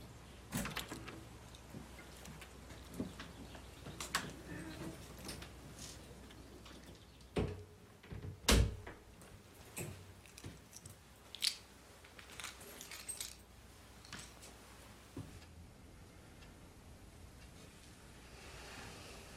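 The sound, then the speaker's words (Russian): Keys jingle and clink in a series of sharp metallic bursts as someone finds them, followed by the clunk and creak of a house door being opened, with a steady low background hiss and no talking. “Нашла ключи и зашла в дом.”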